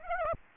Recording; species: mosquito wingbeat signal from an infrared sensor; Aedes aegypti